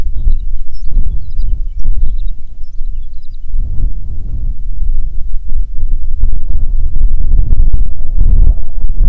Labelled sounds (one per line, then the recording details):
songbird
wind
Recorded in the Prudhoe Bay oil fields, Alaska, on 6 June 2019 at 04:20
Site 16